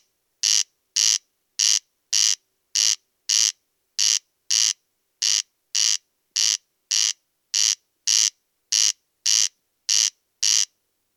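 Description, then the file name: Corn crake calling: harsh, scraping 'crex crex' pairs repeated tirelessly at a regular pace, around eighteen rasps in steady succession, no other sounds. "Kornknarr"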